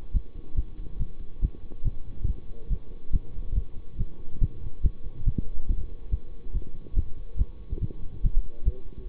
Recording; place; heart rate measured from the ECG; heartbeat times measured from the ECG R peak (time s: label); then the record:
heart sounds by stethoscope; between the tricuspid and mitral areas; 141 bpm
0.12 s: heartbeat
0.55 s: heartbeat
0.98 s: heartbeat
1.40 s: heartbeat
1.83 s: heartbeat
2.26 s: heartbeat
2.68 s: heartbeat
3.11 s: heartbeat
3.54 s: heartbeat
3.97 s: heartbeat
4.39 s: heartbeat
4.81 s: heartbeat
5.24 s: heartbeat
5.67 s: heartbeat
6.09 s: heartbeat
6.52 s: heartbeat
6.94 s: heartbeat
7.37 s: heartbeat
7.80 s: heartbeat
8.22 s: heartbeat
8.64 s: heartbeat
9.06 s: heartbeat
From the record:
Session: bicycle stress test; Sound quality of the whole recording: good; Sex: male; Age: 24 years